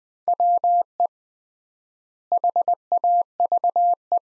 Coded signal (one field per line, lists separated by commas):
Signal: Morse code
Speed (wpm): 20 wpm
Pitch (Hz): 700 Hz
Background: none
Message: WE HAVE